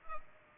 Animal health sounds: mosquito wingbeat signal from an infrared sensor; Culex pipiens

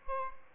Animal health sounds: mosquito wingbeat signal from an infrared sensor; Aedes albopictus

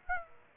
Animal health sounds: mosquito wingbeat signal from an infrared sensor; Aedes aegypti

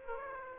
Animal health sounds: mosquito wingbeat signal from an infrared sensor; Aedes aegypti

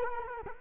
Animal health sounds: mosquito wingbeat signal from an infrared sensor; Culex quinquefasciatus

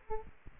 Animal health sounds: mosquito wingbeat signal from an infrared sensor; Aedes aegypti

